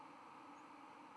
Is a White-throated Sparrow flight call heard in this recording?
no